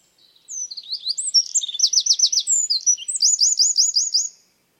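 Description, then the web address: Bird delivering a high twittering song of varied whistles and two series of rapid upswept notes, stopping cleanly. "Bird Only"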